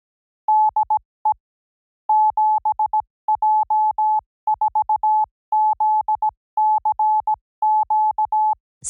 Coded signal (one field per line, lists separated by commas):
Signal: Morse code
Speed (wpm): 17 wpm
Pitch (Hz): 840 Hz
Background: none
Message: DE 7J4ZCQ